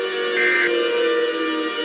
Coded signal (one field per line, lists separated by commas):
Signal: Emergency Alert System (SAME) tones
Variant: end-of-message bursts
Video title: EAS Scenario - Overdue Solar Strike